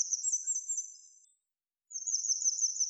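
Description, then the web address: Grey wagtail giving thin, very high trilled notes in a run of about a second, a brief silence, then another high twittering run. "Motacilla cinerea"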